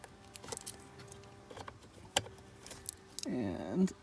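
The plastic electrical connector of an AutoSync SDGM bypass harness is handled near its mating plug on the gateway module, with light jangling and handling clatter, a few sharp ticks around 0.5, 2.2 and 2.9 seconds, and someone briefly talking. A louder, sustained rattling burst follows from about 3.3 seconds to the end. The connector has not seated or clicked in yet.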